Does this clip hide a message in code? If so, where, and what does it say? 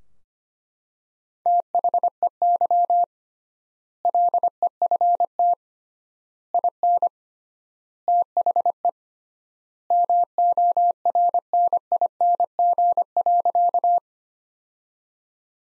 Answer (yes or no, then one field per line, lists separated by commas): yes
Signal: Morse code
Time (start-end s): 1.5-14.0 s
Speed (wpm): 25 wpm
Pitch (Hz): 700 Hz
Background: none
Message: THEY LEFT IN THE MORNING.